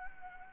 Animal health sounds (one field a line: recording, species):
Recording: mosquito wingbeat signal from an infrared sensor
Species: Anopheles gambiae